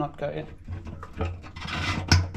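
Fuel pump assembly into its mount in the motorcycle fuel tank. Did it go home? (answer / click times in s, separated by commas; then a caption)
partly / 2.1 s. Someone talks while a new fuel pump assembly is pushed into its mount in the fuel tank of a BMW K100 café racer motorcycle, after a first attempt seemed not to go in. Handling noises lead up to one sharp click at 2.1 s. This is only the first of two clicks, so the part is not yet fully home.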